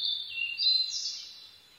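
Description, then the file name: Blue-and-white flycatcher song: one brief high whistled phrase with a sweeping, slurred middle section, fading away at the end. 22 May 2011 at 04:34. "ooruri-20110522-0434"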